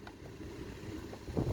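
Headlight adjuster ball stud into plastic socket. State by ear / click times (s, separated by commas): not seated / none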